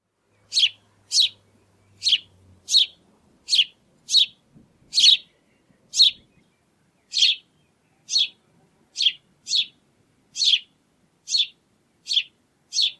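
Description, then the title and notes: House sparrow giving a run of clipped, bright chirps a bit more than once a second, slightly uneven spacing, with a faint low hum early on. Passer domesticus; familiar city bird closely tied to human presence. "Museo de Ciencias de Bahía Blanca - PdA - Gorrión. Gorrión ( Passer domesticus )"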